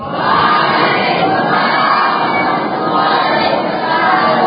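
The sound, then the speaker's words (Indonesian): A large crowd at a religious gathering in Deli Serdang roars its reply to the Islamic greeting "Assalamualaikum warahmatullahi wabarakatuh" in unison, repeated because the first reply was not loud enough, a loud, sustained wall of many voices that holds steady for several seconds, with some higher shouts mixed in. “Karena jawab salamnya kurang kuat, terpaksa tak ulangi sekali lagi.”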